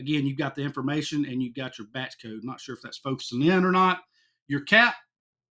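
Someone talks throughout while handling a Givenchy Gentleman Réserve Privée EDP fragrance bottle and its click cap, about to push the cap back onto the bottle. Nothing has seated or clicked yet.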